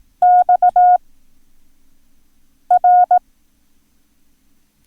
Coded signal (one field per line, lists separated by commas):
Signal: Morse code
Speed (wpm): 18 wpm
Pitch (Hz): 720 Hz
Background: none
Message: XR